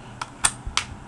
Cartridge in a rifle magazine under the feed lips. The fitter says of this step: That nice click.